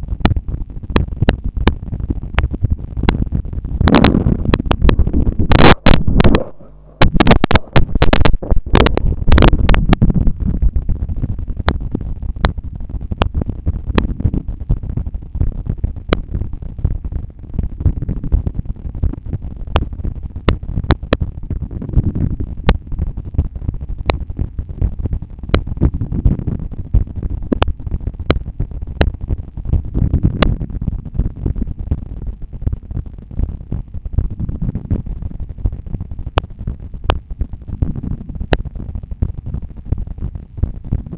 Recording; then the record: heart sounds by stethoscope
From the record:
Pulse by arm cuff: 82 bpm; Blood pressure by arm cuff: 135/82 mmHg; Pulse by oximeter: 82 bpm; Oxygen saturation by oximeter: 97%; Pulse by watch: 82 bpm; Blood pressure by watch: 113/75 mmHg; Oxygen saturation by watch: 98%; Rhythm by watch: sinus rhythm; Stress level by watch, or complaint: low stress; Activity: after coffee and smoking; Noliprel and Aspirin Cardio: after pills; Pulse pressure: 53 mmHg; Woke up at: 6:50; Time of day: 8:20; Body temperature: 36.5 C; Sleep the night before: 8 h 16 min, score 66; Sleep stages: REM 20%, light 64%, deep 6%, awake 10%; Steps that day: 6850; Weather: light rain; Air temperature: 18 C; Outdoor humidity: 91%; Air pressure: 1007 hPa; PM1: 1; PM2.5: 3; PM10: 5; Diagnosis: hypertension, treated with Noliprel and Aspirin Cardio 100 mg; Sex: male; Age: 53 years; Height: 174 cm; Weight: 81 kg